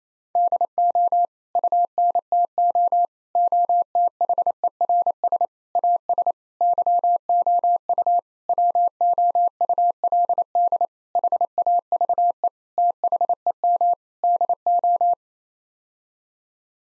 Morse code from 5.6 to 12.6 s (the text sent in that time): AS YOU WOULD HAVE